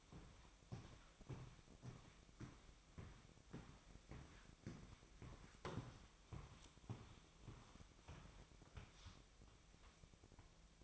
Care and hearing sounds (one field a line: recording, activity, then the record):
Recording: daily activity, microphone in the room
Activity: walk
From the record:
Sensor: 1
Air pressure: 1001.6 hPa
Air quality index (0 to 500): 222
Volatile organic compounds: 30 ppm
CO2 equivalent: 2960 ppm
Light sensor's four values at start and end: 9/32/11/13 and 9/33/12/13